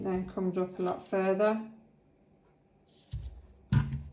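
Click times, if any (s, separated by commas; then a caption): 3.7 s. Someone talks, then the handle of a Staples Arc discbound hole punch is pushed down and its lock re-engages with a single thunk at 3.7 s. The handle is relocked.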